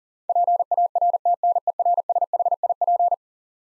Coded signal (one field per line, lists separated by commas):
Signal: Morse code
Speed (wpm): 40 wpm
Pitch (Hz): 700 Hz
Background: none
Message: PARTNERSHIP